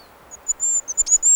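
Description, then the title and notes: Goldcrest song, a run of very high, thin, rapid notes. "Mikä lintu lauloi. Hippiäinen"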